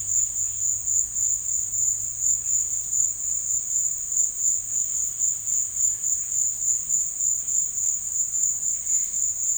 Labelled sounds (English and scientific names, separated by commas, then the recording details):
none
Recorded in dense forest near Puerto Asís, Putumayo, Colombia, on 13 March 2025 at 16:30
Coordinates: 0.484, -76.317
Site G064